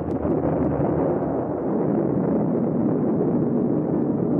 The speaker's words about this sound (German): Eine Explosion, um Himmels Willen! Was kann das gewesen sein,